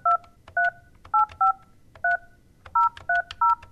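A phone number is punched in to call the Arizona State Prison Complex in Perryville: about ten short, bright two-note touch-tone beeps in an uneven rhythm with brief gaps, steady and clear over a faint low hum, with no voices.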